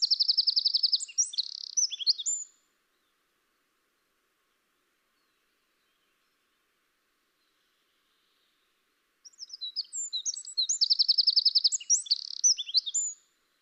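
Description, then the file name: Eurasian wren song: two loud, high, rapid bursts of twittering notes and fast buzzy trills, each a few seconds long, separated by about seven seconds of silence. "Troglodytes troglodytes"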